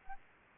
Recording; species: mosquito wingbeat signal from an infrared sensor; Aedes albopictus